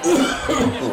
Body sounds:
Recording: coughing mixed with background sound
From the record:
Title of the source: Residual Phlegmy Morning Coughing and Gagging

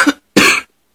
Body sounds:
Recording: coughing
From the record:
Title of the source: 64 coughing, allergies, singing lungs

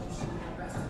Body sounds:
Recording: background sound without coughing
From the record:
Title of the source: 60 minutes of coffee shop sounds for study and concentration

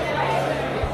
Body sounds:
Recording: background sound without coughing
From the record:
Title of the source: CITY SOUNDS Busy Bar in the Evening Night - 2 HOURS of Ambiance for Relaxation

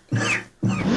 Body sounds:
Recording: coughing mixed with background sound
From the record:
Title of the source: Cough Around the Clock!

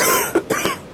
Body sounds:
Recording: coughing mixed with background sound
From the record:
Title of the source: 31 night wet cough

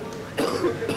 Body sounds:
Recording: coughing mixed with background sound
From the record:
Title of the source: Coughing 77

